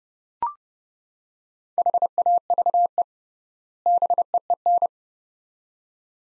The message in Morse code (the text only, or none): HAVE BEEN